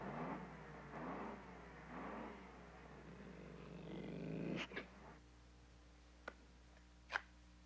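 A dog growls in low, rumbling pulses for several seconds, then falls quiet, followed by a few sharp clicks or snaps.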